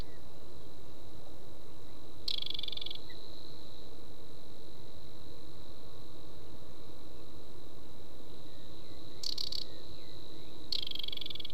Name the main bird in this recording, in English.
Aquatic Warbler